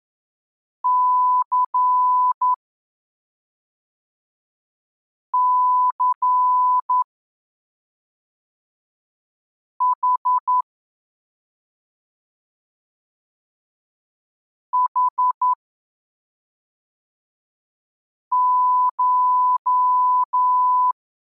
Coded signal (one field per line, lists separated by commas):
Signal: Morse code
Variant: Russian alphabet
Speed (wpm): 11 wpm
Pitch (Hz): 1000 Hz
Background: none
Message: Ц Ц Х Х Ш